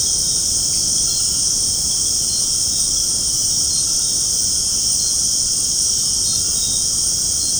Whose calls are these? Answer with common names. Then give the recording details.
none. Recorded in secondary vegetation near Puerto Asís, Putumayo, Colombia, on 19 February 2024 at 19:30. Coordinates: 0.489, -76.322. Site G6419